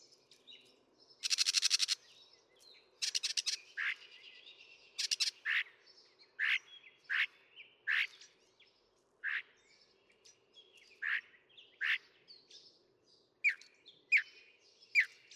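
Northern mockingbird song: loud raspy bursts, then a string of varied sharp notes repeated at uneven intervals.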